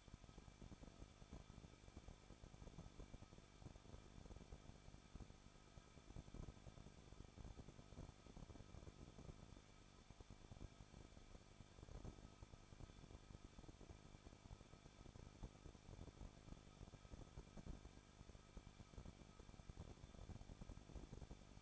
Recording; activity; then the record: daily activity, microphone in the room; no activity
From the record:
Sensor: 5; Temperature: 20.9 degrees Celsius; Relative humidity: 38.3%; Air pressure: 1006.4 hPa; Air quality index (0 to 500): 189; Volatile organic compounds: 19 ppm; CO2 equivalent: 2660 ppm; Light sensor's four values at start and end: 2/3/1/1 and 2/3/1/1